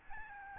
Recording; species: mosquito wingbeat signal from an infrared sensor; Aedes albopictus